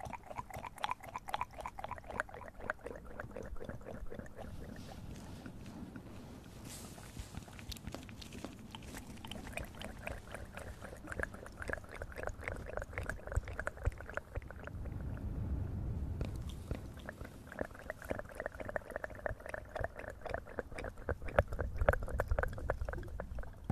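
Close mouth sounds fill the clip: dense, rapid wet clicks and smacks, with soft breathy whispering too quiet to make out. A low rumbling swell rises around fifteen seconds and again near twenty-two, while the clicking continues steadily throughout.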